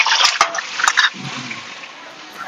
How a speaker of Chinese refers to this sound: 感觉起锅了、欸。 是的呀， 真的有炸声。 天哪，我都闻到香味了。